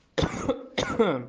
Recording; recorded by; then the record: voluntary cough; messaging app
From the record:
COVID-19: negative